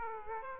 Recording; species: mosquito wingbeat signal from an infrared sensor; Aedes aegypti